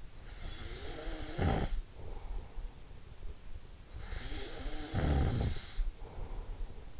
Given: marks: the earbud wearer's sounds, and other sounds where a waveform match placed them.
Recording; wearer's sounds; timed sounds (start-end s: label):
sounds in sleep by an in-ear microphone; snoring breath
0.21-2.82 s: snoring breath
4.04-7.00 s: snoring breath